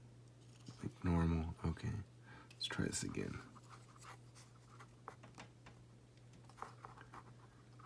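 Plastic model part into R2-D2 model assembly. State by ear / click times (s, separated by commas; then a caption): seated / 6.6 s. Someone talks while a plastic part of a DeAgostini Build Your Own R2-D2 model kit (Issue 53) is pushed onto its mounting in the R2-D2 model assembly on a second try. A few small clicks and scrapes come before a crisp snap at 6.6 s as the part seats home.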